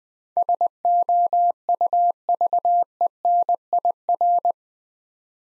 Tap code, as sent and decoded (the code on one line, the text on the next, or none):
none